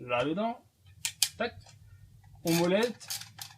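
A high-capacity airsoft magazine, just loaded with BBs, is handled and brought toward the magazine well of an M4 BW15 Compact Black Water airsoft rifle while someone talks. Short metallic clatters and taps are heard between the speech. Nothing has seated or clicked yet.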